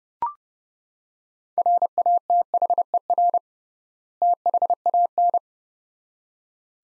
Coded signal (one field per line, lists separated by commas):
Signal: Morse code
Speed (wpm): 30 wpm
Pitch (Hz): 700 Hz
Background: none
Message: RATHER THAN